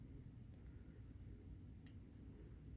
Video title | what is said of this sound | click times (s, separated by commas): Making a bracelet for a friend | Did you hear that click? Hopefully you could hear that click, because that was the jump ring actually closing up. | 1.9 s